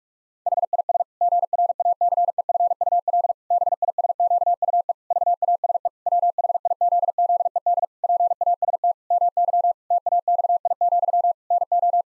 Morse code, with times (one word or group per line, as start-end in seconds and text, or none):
0.5-1.0 HIS
1.2-3.3 GRACEFUL
3.5-4.9 BISQUE
5.1-5.9 VASE
6.1-7.8 WHIZZED
8.0-8.9 PAST
9.1-9.7 MY
9.9-11.3 TAXI,
11.5-12.0 NO